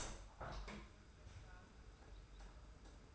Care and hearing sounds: daily activity, microphone in the room; open window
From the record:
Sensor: 2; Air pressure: 991.2 hPa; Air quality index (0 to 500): 123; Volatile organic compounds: 99 ppm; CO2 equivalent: 3751 ppm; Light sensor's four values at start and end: 37/107/42/40 and 38/108/43/41

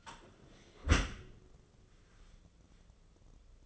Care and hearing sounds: daily activity, microphone in the room; close dishwasher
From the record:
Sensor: 4

